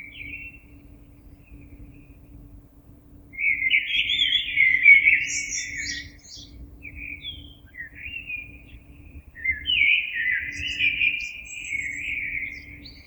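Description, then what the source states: Common blackbird delivering two warbled song phrases a few seconds apart, the first topped with high scratchy notes, with quieter bits between and a soft hum behind. Recorded on 26 April 2022.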